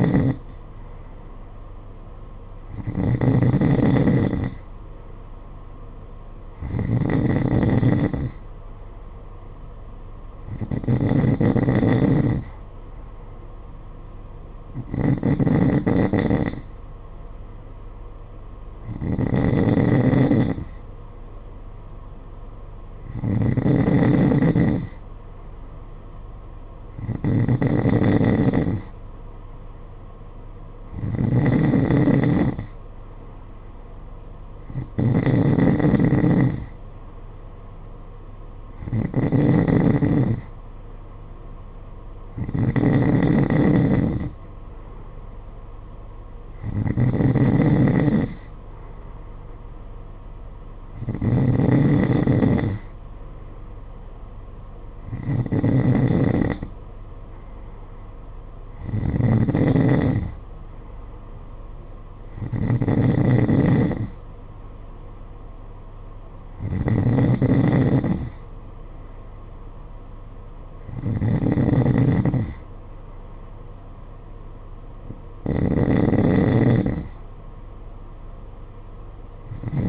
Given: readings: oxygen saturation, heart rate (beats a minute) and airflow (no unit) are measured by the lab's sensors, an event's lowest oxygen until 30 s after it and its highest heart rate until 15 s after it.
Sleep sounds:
breathing in sleep by a smartphone at the bedside; none
none scored
From the record:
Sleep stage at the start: N2 (light sleep); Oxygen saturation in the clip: 91 to 92%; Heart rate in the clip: 51 to 56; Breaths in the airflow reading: 20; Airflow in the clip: -7.5 to 5.8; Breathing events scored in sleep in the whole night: 476 in 9.7 hours asleep

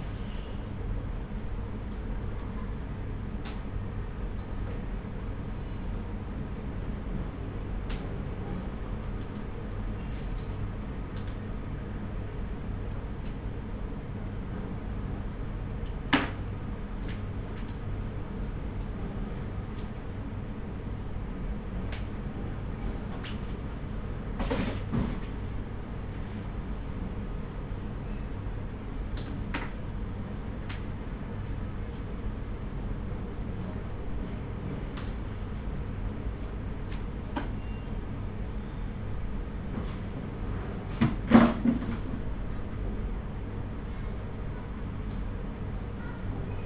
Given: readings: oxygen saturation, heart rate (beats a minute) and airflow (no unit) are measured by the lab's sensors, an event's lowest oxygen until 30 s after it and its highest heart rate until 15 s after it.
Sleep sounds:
a person awake in a sleep study, by a smartphone at the bedside; none
0.00-46.66 s: awake
0.00-46.66 s: awake
From the record:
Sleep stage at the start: awake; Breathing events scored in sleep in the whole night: 210 in 6.9 hours asleep

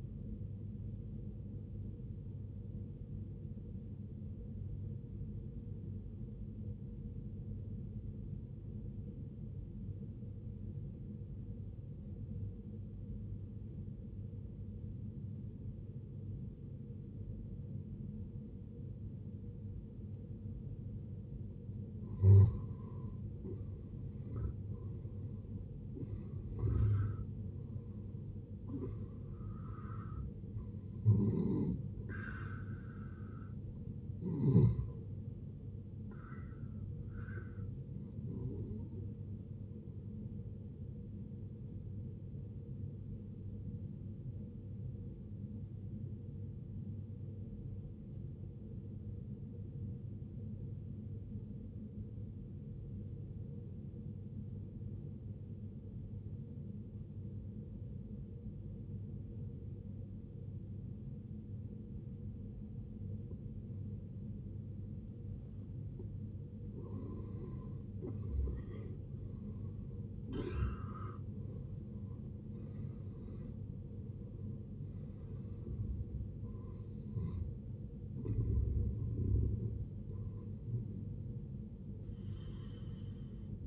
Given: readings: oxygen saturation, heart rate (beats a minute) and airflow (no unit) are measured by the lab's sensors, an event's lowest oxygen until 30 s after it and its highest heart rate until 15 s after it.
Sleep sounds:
breathing in sleep by a smartphone at the bedside; 2
7.00-24.00 s: obstructive apnea (N1, oxygen 94% highest, then 78% lowest, heart rate 60 at the start, 76 highest)
41.00-65.40 s: hypopnea (N1, oxygen 95% highest, then 76% lowest, heart rate 71 at the start, 83 highest)
46.00-76.00 s: new sleep stage, N2 (light sleep)
76.00-83.67 s: new sleep stage, N1 (lightest sleep)
From the record:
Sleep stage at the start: N1 (lightest sleep); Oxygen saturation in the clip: 76 to 95%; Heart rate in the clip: 54 to 83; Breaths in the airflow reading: 12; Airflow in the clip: -13.7 to 14.9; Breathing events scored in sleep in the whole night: 389 in 6.3 hours asleep

